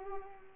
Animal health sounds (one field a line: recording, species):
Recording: mosquito wingbeat signal from an infrared sensor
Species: Culex pipiens